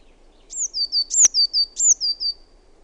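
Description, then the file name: Eurasian blue tit giving three high, thin, downward-sliding notes, each followed by two lower clipped notes, in one short rapid phrase with a single click. "SINITIAINEN"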